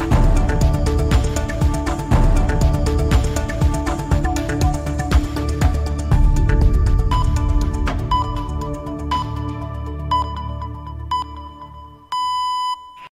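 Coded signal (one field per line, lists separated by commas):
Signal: radio time signal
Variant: Cadena COPE hourly pips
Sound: music fades under short one-second pips at 1 kHz, ending in a longer tone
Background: music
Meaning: The long final pip marks the exact start of the hour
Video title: Cadena COPE- Señales horarias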